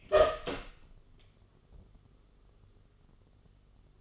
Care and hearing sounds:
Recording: daily activity, microphone in the room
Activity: open door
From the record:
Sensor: 4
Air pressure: 1016.1 hPa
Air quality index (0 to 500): 206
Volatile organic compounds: 12 ppm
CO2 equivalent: 2357 ppm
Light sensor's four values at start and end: 9/20/8/7 and 9/20/8/7

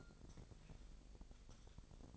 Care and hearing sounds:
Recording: daily activity, microphone in the room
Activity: take from stove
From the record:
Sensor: 5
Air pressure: 999.5 hPa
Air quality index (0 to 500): 222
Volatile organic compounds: 21 ppm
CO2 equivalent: 2709 ppm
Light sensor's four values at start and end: 30/69/28/28 and 32/73/30/29

